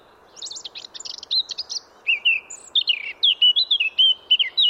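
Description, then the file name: Eurasian blackcap song: quick thin chattering notes, then a series of strong, mellow whistled phrases with sliding pitch. "Sylvia atricapilla"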